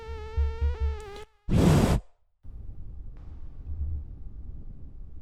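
A thin, high-pitched mosquito buzz drones steadily for about a second, cut off by a loud, brief swishing burst, then only low rustling noise remains.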